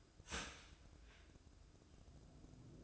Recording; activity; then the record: daily activity, microphone in the room; start toaster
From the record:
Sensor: 2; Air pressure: 1006.9 hPa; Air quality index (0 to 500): 42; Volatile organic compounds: 1 ppm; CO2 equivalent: 547 ppm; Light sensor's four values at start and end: 6/14/6/6 and 6/14/6/6